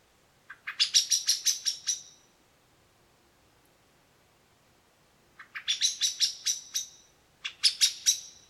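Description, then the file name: Common blackbird chatter: a fast series of harsh chak notes, a long pause, then another run and a short final burst. "Turdus merula"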